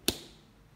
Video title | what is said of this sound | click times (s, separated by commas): Laminate Floor Review Kronotex Advanced 8mm - Vlog #5 Keeping It Simple | done perfectly aligned locked in place absolutely perfect | 0.1 s